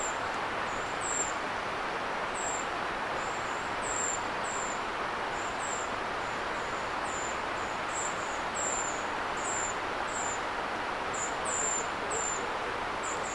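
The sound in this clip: Tit berrypecker calling steadily: high, thin, slightly downslurred notes repeated throughout, over continuous background hiss.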